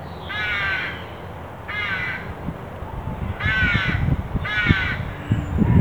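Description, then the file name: Carrion crow giving four hoarse, drawn-out caws, over rising low rumbling and knocking noise. "Corvus corone"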